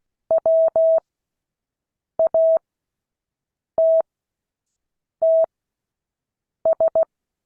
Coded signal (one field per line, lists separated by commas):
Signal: Morse code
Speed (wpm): 16 wpm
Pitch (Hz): 650 Hz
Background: none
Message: WATTS